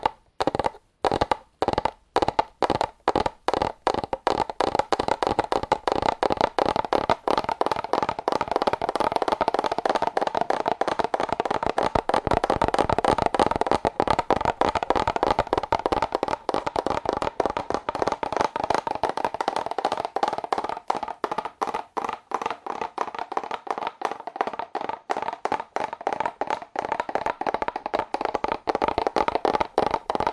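Fast, aggressive tapping on cardboard, a dense stream of sharp papery hits that blur into a continuous rattle mid-clip, then loosen toward the end.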